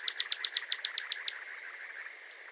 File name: kompilasi suara burung pyrrhuloxia omkicau